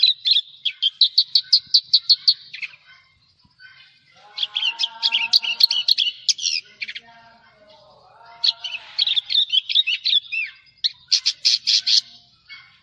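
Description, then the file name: Javan bush lark song: a steady series of high chirps, then a pause, then complex jumbled phrases with lower harmonic notes, ending in loud buzzy bursts. "suara burung branjangan jawa"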